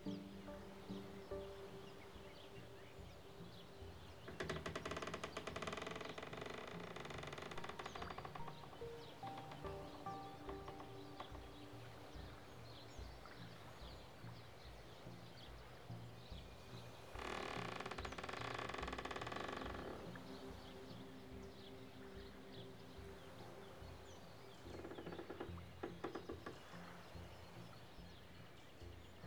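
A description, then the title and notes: Outdoor sound beside a Canadian lake, with a steady low rumble and scattered small sounds throughout. Three louder rushing bursts stand out, around 4–8 seconds, 17–20 seconds and briefly near 26 seconds, like passing gusts or vehicles. Faint bird-like chirps appear between them. Beside a canadian lake.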